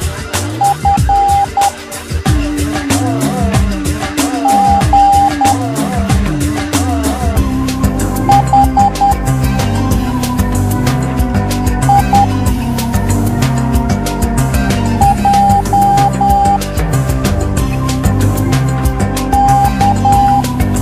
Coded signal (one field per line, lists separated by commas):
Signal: Morse code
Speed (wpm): 10 wpm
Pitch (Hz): 800 Hz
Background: music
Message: F G H I J K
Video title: Código morse